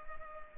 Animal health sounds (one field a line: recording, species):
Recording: mosquito wingbeat signal from an infrared sensor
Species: Culex pipiens